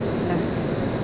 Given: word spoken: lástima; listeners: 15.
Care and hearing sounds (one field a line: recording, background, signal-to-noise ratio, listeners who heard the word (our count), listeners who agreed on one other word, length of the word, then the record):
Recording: one Spanish word in noise, from a listening test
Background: speech-shaped noise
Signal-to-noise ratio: -6.4 dB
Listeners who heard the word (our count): 2 of 15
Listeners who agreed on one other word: 6 of 15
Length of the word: 0.64 s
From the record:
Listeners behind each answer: 6, 3, 2, 1, 1, 1, 1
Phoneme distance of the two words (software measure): 27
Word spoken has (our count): 3 syllables, 7 phonemes, stress on syllable 1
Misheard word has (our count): 3 syllables, 8 phonemes, stress on syllable 1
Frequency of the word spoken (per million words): 16.12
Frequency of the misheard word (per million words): 23.83